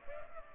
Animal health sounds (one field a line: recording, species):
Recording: mosquito wingbeat signal from an infrared sensor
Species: Culex pipiens